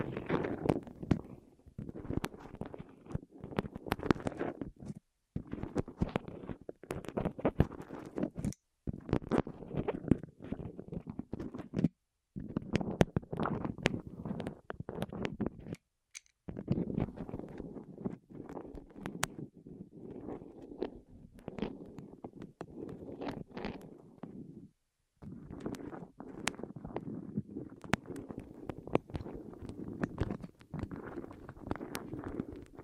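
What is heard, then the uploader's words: ASMR rolling sounds over the ears: muffled, low rumbling and rubbing in long stretches, peppered with quick sharp clicks and crackles. Short silent breaks fall around 5, 8, 12, 16 and 25 seconds before the soft rolling resumes. ASMR Rolling On Your Ears (No Talking).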